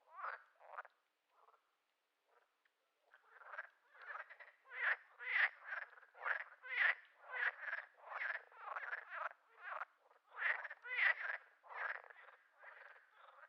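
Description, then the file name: Frog croaking, a few hesitant notes with gaps at first, then building into a dense, rhythmic run of rasping, laugh-like croaks. Frog described as laughing. "Digiffects Sound Effects Library - Frog Laughing"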